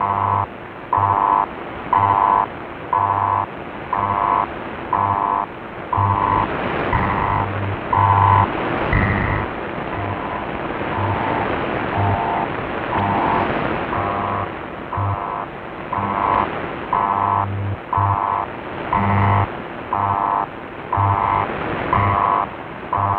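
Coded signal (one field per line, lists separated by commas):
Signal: radio time signal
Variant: BPM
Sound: steady one-per-second 1 kHz tone pulses through shortwave static and hum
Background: radio static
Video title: [5MHz] 標準時報局(BPM) [ICF-SW7600G]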